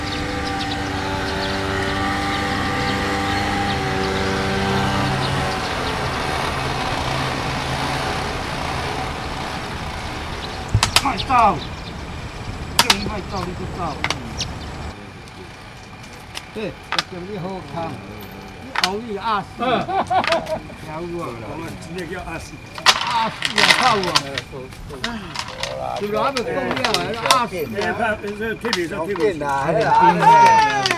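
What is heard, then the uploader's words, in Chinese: A park soundscape opens with a steady low engine hum, like a vehicle idling, for about fifteen seconds. It then shifts to voices talking, broken by frequent sharp clicks and knocks that grow busier and louder toward the end. 青年公園聲景2020。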